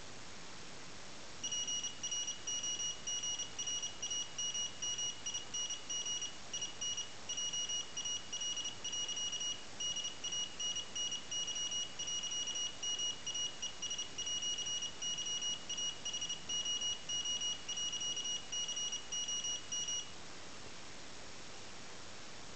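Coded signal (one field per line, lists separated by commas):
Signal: Morse code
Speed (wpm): 27 wpm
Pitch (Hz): 2900 Hz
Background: none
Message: PROGRAMMING IN JAL. DANNY.MAES@YAHOO.COM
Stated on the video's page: Morse generated by a PIC 18F4550 microcontroller programmed in JAL, sounded through a beeper on one digital output.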